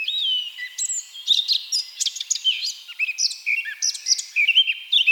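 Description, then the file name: Eurasian blackcap singing a hurried, varied warble of squeaky chirps, buzzy notes and brief clear whistles without pause. "Sylvia atricapilla"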